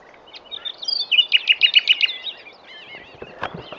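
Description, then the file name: Common nightingale singing: a few scratchy notes lead into several loud repeated piping notes, followed by softer warbling twitters. "Luscinia megarhynchos"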